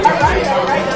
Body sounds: background sound without coughing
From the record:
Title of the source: Nightlife Party Simulating Party Club Noise 1 Hour

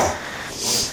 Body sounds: coughing mixed with background sound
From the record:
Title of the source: Spring Cold Coughing 2

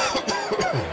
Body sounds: coughing mixed with background sound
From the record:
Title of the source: Dry Coughing Fit in the Afternoon.

